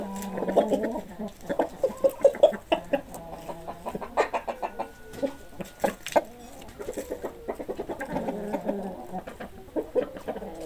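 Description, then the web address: Chickens cluck in clustered bursts separated by brief lulls, with a low sustained hum early on and one thin drawn note midway. "hobokenchicken animals chickens"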